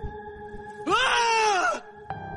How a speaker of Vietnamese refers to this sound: Bỗng đâu tiếng gào thét vang vọng phía ngoài, khiến cho dì Năm cũng giật bắn cả người,